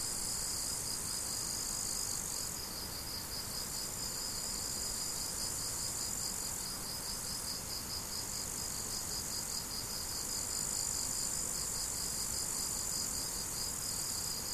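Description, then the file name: Crickets keep up a long, even series of quick pulsed chirps over a steady high shrilling background. Crickets, recorded 17 July 2012 on an MZ-N710 recorder. "grillons 17 07 2012"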